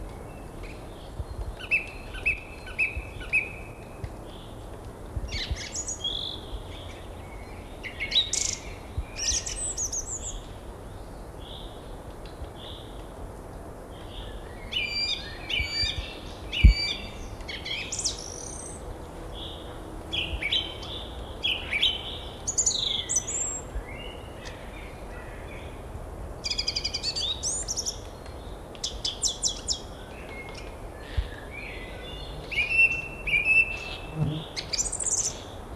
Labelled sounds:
Song Thrush song

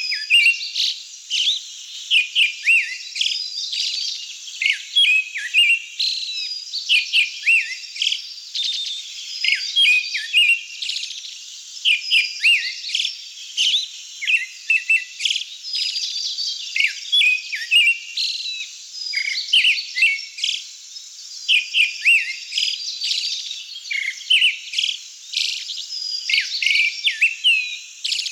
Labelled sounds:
Pale Thrush song

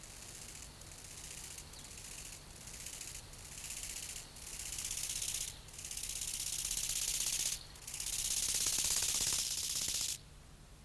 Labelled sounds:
Bow-winged Grasshopper stridulation

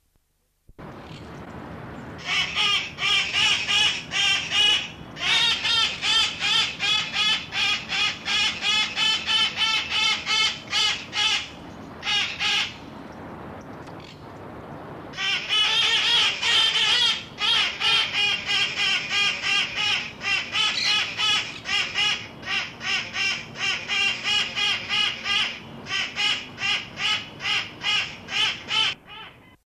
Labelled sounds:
Red-masked Parakeet call

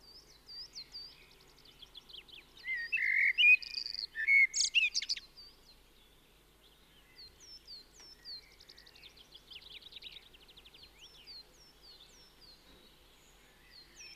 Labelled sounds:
Common Blackbird song

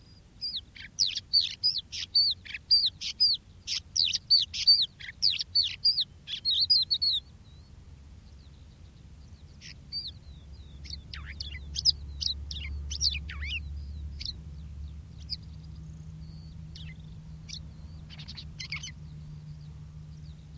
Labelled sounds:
Crested Lark song

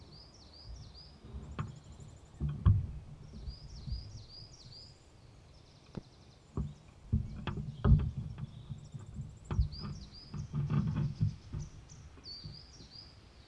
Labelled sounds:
Marsh Tit

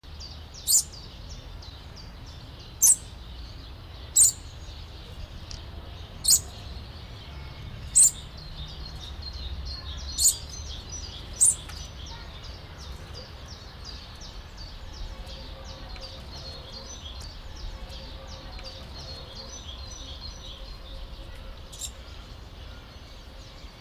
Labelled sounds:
Papuan Lorikeet call

